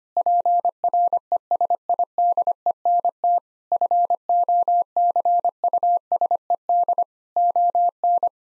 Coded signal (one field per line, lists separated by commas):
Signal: Morse code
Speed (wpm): 25 wpm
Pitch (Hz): 700 Hz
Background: none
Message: PRESIDENT FOCUSED ON